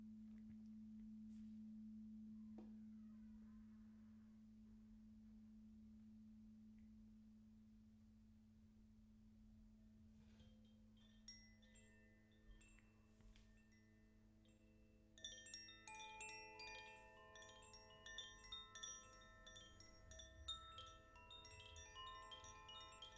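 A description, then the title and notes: A low crystal bowl hum sustains alone for ten seconds, then bright chime-like tones build, scattered and overlapping, ringing richly through the final stretch. This is a Crystal bowl healing sound bath by the wonderful Uschi Classen. The beautiful healing tones from the chakra tuned bowls create a serene and sacred environment.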